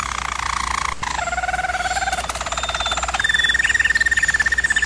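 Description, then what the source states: German Roller canary song: rolling tours stepping down in pitch, a coarse rapid pulsed section, then a steady high trill, over a low hum. Canary training recording of a German Roller canary singing.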